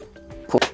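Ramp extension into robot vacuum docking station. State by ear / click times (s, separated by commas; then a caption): seated / 0.5 s, 0.6 s. A plastic ramp extension is pulled out on the docking station of a Dreame X40 Ultra robot vacuum until it locks into place. After a quiet low hum, two sharp clicks ring out at 0.6 s and 0.6 s as the latch engages, and the extension is seated.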